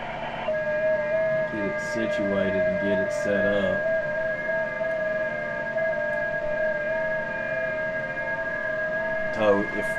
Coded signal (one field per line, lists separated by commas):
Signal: FT8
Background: speech